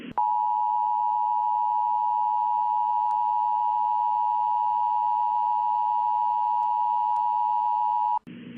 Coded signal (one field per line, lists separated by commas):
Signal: Emergency Alert System (SAME) tones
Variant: 853 and 960 Hz attention tone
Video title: EAS Bulletins Nick Jr (October 15 2014)